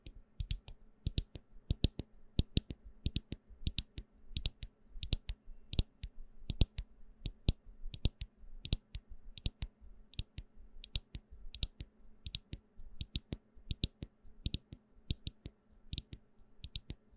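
Bottles and jars knock together in a steady run of sharp, bright clicks, several each second, over a faint constant hum throughout.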